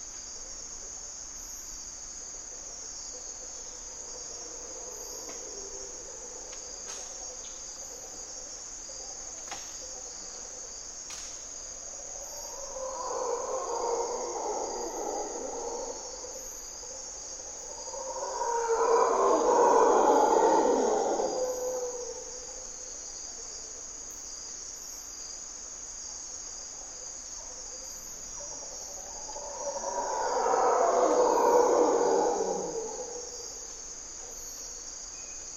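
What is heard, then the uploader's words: Mantled howler monkeys roar in three swelling bouts, around 14, 20 and 31 seconds, over a steady high insect drone with occasional clicks. Mantled Howler Monkeys in Corcovado morning twilight. Monos Congos, or Mantled Howler Monkeys, waking the jungle in Costa Rica's Parque Nacional Corcovado. With their distinctive grunt and and calls, they are a defining aspect of the Osa Peninsula's Dawn and Dusk.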